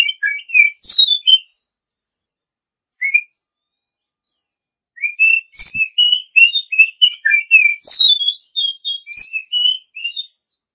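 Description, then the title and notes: Oriental magpie-robin singing clear, varied whistles in quick phrases, with a brief two-note fragment between them and a long rapid sequence in the second half. A champion bird. "Kicau Burung Kacer Juara. Suara Kicauan Burung Kacer Juara"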